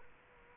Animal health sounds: mosquito wingbeat signal from an infrared sensor; Culex quinquefasciatus

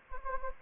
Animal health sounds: mosquito wingbeat signal from an infrared sensor; Anopheles gambiae

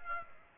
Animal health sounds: mosquito wingbeat signal from an infrared sensor; Aedes aegypti

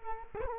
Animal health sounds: mosquito wingbeat signal from an infrared sensor; Culex quinquefasciatus

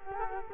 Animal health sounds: mosquito wingbeat signal from an infrared sensor; Culex quinquefasciatus

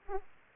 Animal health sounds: mosquito wingbeat signal from an infrared sensor; Aedes aegypti

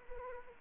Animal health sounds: mosquito wingbeat signal from an infrared sensor; Anopheles arabiensis

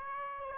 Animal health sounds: mosquito wingbeat signal from an infrared sensor; Aedes aegypti

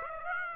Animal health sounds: mosquito wingbeat signal from an infrared sensor; Aedes aegypti

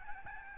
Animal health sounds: mosquito wingbeat signal from an infrared sensor; Aedes albopictus

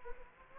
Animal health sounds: mosquito wingbeat signal from an infrared sensor; Anopheles gambiae

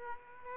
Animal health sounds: mosquito wingbeat signal from an infrared sensor; Aedes aegypti

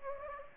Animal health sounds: mosquito wingbeat signal from an infrared sensor; Anopheles gambiae

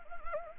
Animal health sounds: mosquito wingbeat signal from an infrared sensor; Anopheles arabiensis

